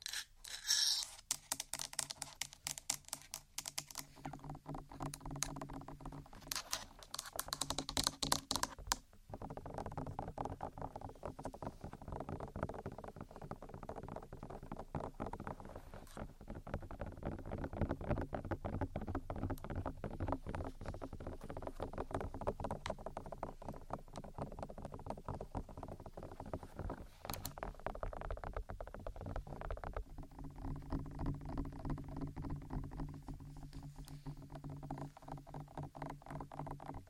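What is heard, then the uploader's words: Rapid tapping runs through the whole recording as a dense, fairly regular stream of light clicks, like fingers drumming or typing on a hard surface. A low rumble sits underneath, and bright hissy bursts appear in the first nine seconds, then drop away. Tapping.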